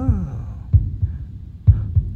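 Paired low thumps repeat in a steady lub-dub rhythm, about 64 beats a minute, with a soft low hum underneath. These are normal heart sounds: the first and second heart sounds of a healthy heartbeat, with no added noises.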